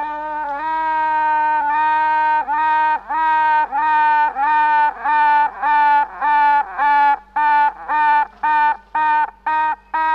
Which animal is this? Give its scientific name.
Apis mellifera